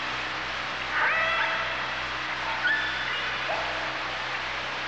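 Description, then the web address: Orca calls underwater, a few short tonal squeals with bends heard at intervals over steady hiss and low rhythmic hum. "kasatka"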